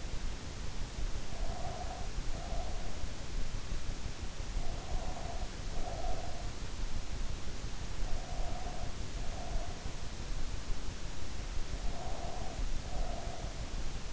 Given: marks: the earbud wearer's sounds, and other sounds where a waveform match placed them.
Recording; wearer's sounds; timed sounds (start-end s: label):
sounds in sleep by an in-ear microphone; breath
1.19-3.12 s: breath
4.82-6.58 s: breath
8.05-9.92 s: breath
11.62-13.64 s: breath